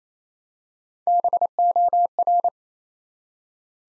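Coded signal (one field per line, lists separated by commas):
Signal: Morse code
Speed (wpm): 28 wpm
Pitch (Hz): 700 Hz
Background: none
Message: BOR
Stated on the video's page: Morse code practice at 28 wpm, building 5-letter words one letter at a time.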